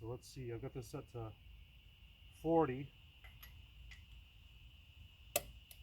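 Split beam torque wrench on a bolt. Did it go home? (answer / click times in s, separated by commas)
yes / 5.4 s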